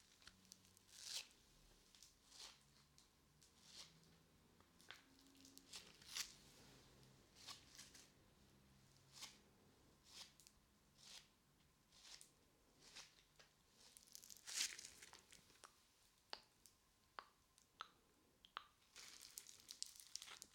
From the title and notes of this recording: ASMR Play Foam for Tingles Squishing and Sticky Sounds.